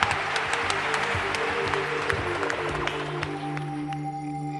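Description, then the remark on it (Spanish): Audience applause for Mariano Revilla: a dense, steady patter of many hands clapping at once, fairly loud throughout, with a faint steady tone humming underneath and no voices speaking. “Mariano, nuestro aplauso.”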